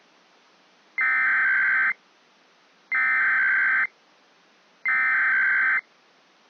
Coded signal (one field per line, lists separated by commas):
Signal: Emergency Alert System (SAME) tones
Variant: header bursts